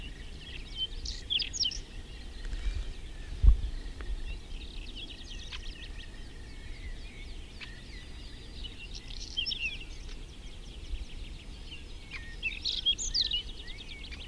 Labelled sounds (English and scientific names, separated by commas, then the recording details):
Whinchat (Saxicola rubetra) song
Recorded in the wild
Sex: male
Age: adult
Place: Schönow, Naturpark Barnim, Brandenburg, DE
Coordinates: 52.6892, 13.5014
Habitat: meadow
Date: 2005-05-28
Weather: fog, 16°C, no wind
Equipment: Edirol R-4, Sennheiser MKH 70, Windschutz
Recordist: Frommolt, Karl-Heinz